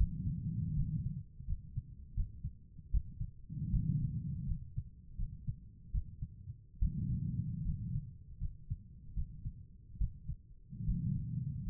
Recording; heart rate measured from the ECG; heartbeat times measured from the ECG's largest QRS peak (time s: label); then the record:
heart sounds by stethoscope; 77 bpm
0.75 s: heartbeat
1.46 s: heartbeat
2.15 s: heartbeat
2.92 s: heartbeat
3.71 s: heartbeat
4.46 s: heartbeat
5.17 s: heartbeat
5.92 s: heartbeat
6.80 s: heartbeat
7.63 s: heartbeat
8.39 s: heartbeat
9.15 s: heartbeat
9.99 s: heartbeat
10.86 s: heartbeat
11.65 s: heartbeat
From the record:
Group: healthy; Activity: rest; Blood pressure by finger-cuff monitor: 118/67 mmHg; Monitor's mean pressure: 80 mmHg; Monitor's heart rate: 79 bpm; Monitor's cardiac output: 6.3 L/min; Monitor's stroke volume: 80 mL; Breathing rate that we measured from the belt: 17 breaths a minute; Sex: female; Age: 36 years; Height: 163 cm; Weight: 88 kg